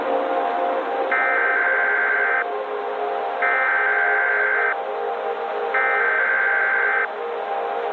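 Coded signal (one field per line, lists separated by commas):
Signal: Emergency Alert System (SAME) tones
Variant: header bursts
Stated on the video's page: Fictional EAS scenario / analog horror mock alert.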